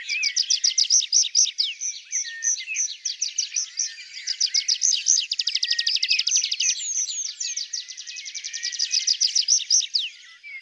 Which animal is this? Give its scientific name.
Anthus trivialis